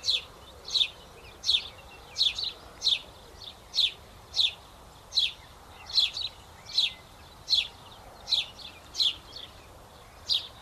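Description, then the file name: House sparrow chirping: short, sharp high chirps repeated steadily about once every second or less, with a constant background hiss. "Passer domesticus"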